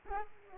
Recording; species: mosquito wingbeat signal from an infrared sensor; Aedes aegypti